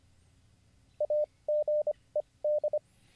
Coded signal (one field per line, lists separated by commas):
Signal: Morse code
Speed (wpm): 25 wpm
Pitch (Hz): 600 Hz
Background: radio noise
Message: AGED